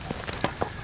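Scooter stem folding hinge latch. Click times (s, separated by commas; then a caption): 0.3 s, 0.4 s. On a 2018 Glion Dolly Model 215 electric scooter, the stem is pushed forward and pulled down on the metal folding mechanism. Sharp metallic clicks at 0.3 s and 0.4 s come from the stem folding hinge latch as it clicks into place, so the latch is seated.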